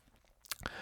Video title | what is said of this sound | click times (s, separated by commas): San Martin SN004-G Milsub 4K Watch Review | it back in it's got a nice positive click and that restarts the movement so let's test screwing it back down | 0.5 s, 0.7 s